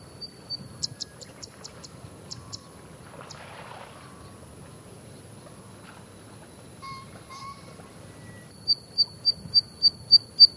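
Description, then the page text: Zitting cisticola giving short series of high ticking notes at the start and end, with a few other faint whistles in between. Japanese subspecies brunniceps, recorded in Japan; call a single 'di' note, sometimes given continuously. "棕扇尾鶯. Teruo Furushima, Wild Bird Songs in Japan, 日本 單音的「的」，有時會連續發出 (連結為日本亞種 brunniceps)"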